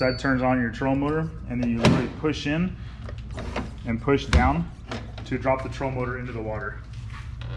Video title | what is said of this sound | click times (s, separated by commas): 💥MUST KNOW BEFORE YOU BUY💥 - Minn Kota Terrova (iPilot + Mega DI) | i'm not gonna do it all the way because it's i'll put it there but you hear it kind of click and lock into place | 7.4 s